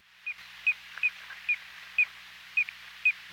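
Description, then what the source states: Piping plover calls: seven short, clear whistled peeps over a soft steady hiss. Call described as melodious.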